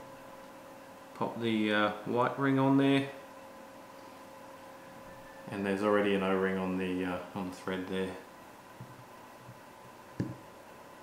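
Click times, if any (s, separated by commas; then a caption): 10.2 s. A thumb-threaded screw fitted with an o-ring is turned a little anti-clockwise into an FX Impact air rifle plenum while someone talks over a steady low hum. A short soft click at 10.2 s marks the thread start clicking in, and the screw is seated.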